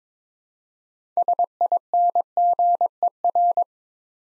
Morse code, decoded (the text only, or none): SINGER